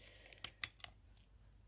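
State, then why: Seated. The trigger lock on an Erbauer EAG900-115 angle grinder's plastic paddle trigger switch is engaged, giving a few small, sharp plastic clicks. The loudest click comes at 0.6 s as the trigger latches and locks in place, with softer clicks just before and after it.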